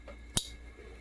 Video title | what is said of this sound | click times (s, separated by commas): 5 Fav Case Knives!! @RedEyedPatriot @ThatPocketKnifeGuy #yt #ytvideo #case #knifecommunity #edcknife | Y'all heard y'all hear that snap. | 0.4 s